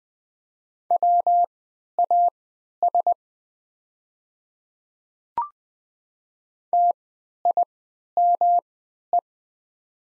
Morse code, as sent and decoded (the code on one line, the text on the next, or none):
.-- .- ... / - .. -- .
WAS TIME